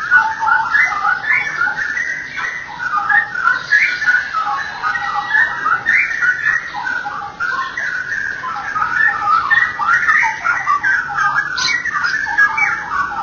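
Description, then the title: Oriental magpie-robin singing a dense, continuous stream of chattering, whistled notes with little pause, over a steady background hiss. "Kicau Kacer"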